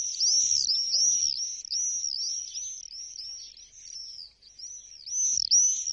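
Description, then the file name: Common swift screaming: high, thin arched notes repeated rapidly and almost continuously, rising and falling in loudness. "mauersegler"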